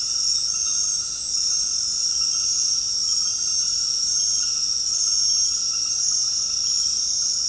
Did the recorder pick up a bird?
no